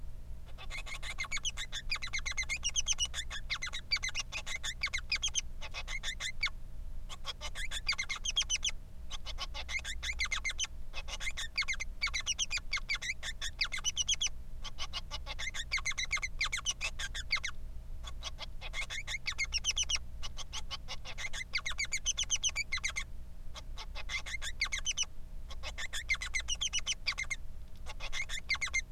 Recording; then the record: song of a male Bengalese finch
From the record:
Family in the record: son of father 3